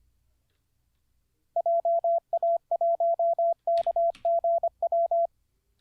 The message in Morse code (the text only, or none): JA1KGW